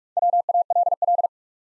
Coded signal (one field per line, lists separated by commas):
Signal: Morse code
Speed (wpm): 44 wpm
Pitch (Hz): 700 Hz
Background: none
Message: WALL